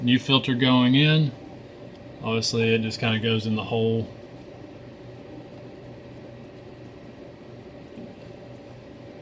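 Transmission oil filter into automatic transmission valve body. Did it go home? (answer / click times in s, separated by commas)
no / none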